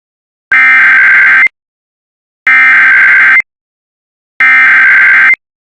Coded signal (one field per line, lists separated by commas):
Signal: Emergency Alert System (SAME) tones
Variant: header bursts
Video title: IPAWSCAP EAS Local Area Emergency for Ouray Colorado due to wildfire (06/27/26)